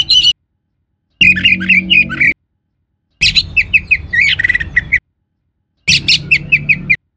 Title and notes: Kicau Burung Anis